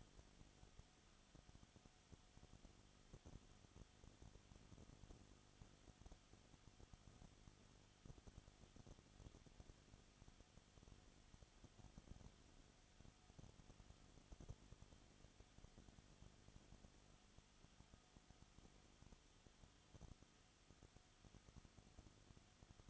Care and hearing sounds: daily activity, microphone in the room; no activity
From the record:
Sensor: 4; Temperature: 22.7 degrees Celsius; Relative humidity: 31.7%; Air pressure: 995.4 hPa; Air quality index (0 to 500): 158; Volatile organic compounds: 2 ppm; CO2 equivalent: 1254 ppm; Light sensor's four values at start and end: 2/3/1/1 and 2/3/1/1

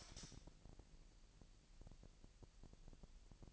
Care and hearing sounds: daily activity, microphone in the room; light on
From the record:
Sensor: 5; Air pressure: 1001.9 hPa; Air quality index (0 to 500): 226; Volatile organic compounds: 30 ppm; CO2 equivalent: 2950 ppm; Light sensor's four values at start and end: 15/35/14/16 and 16/37/15/17

